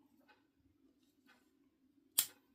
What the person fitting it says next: there you go you hear that little snap that's always the best part